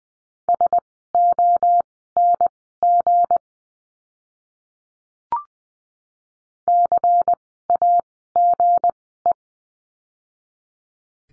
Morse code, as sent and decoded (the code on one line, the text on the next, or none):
... --- -. --. / -.-. .- --. .
SONG CAGE